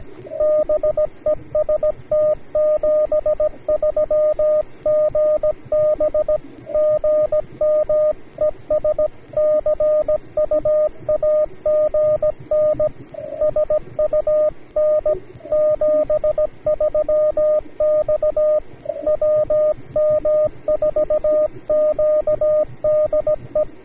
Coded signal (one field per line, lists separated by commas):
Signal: Morse code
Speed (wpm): 17 wpm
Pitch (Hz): 610 Hz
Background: radio noise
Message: BEST 73 GB GM ES CUAGN SUN 73 X WM4Q DE